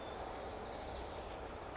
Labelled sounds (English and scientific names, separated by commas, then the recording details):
White-crowned Sparrow (Zonotrichia leucophrys)
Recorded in Sonoma County, California